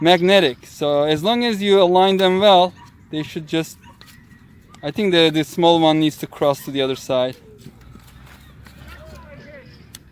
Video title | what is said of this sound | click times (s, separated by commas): RC Oldies But Goldies – Guillow's Snap&Fly Modularized RC Airplanes | and then they just click in place they use little magnets | 9.9 s